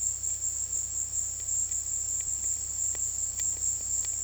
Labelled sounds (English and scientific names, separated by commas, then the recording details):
none
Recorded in dense forest near Puerto Asís, Putumayo, Colombia, on 19 February 2024 at 16:30
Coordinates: 0.485, -76.322
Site G6406